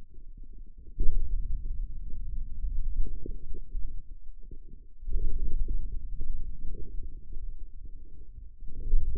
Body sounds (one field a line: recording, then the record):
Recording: forearm muscle sounds (acoustic myography)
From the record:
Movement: pen grasping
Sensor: system 2, bracelet of six BSWA MPA416 microphones around the upper forearm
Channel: 6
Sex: male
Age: 22 years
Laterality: right